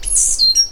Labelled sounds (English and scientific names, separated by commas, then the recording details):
Stitchbird (Notiomystis cincta) song
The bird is a male
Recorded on Tiritiri Matangi Island, New Zealand, in 2005
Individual 10, of nest box 12